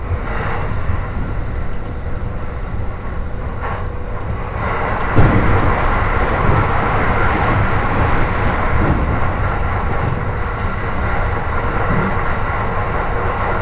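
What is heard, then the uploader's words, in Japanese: A Joban Line local train rolls along with a steady low rumble and dense rattling filling the whole clip. Around five seconds a sharp knock marks a step up in loudness, and the noise stays slightly fuller and brighter after that, with faint clicks now and then. 耳で楽しむ鉄道旅 常磐線普通 石岡→土浦→取手。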